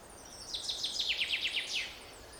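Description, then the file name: Common chaffinch delivers a single song phrase, a rapid series of sharp descending notes ending in a short flourish, with quiet background noise. "Fringilla coelebs"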